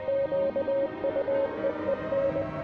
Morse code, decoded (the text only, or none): QUEEN